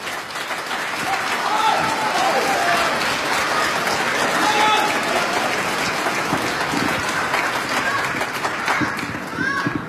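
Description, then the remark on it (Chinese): Sustained audience applause at a comedy performance in a club fills the whole stretch, a dense, steady wash of many hands clapping at an even loudness with a crowd murmur mixed in. “感谢朋友们对我们的鼓励的掌声啊！”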